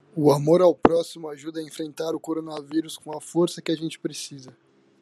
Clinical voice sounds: spoken sentence; Brazilian Portuguese; male; 18 to 19 years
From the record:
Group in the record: control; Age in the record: 19 years

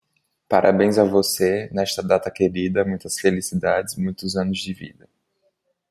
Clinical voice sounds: short text; Brazilian Portuguese; male; 20 to 29 years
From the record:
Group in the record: control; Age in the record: 22 years

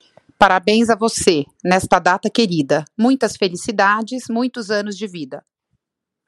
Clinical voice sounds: short text; Brazilian Portuguese; female; 40 to 49 years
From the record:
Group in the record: control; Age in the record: 49 years

